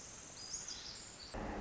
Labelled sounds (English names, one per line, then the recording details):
Pacific Wren
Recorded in Sonoma County, California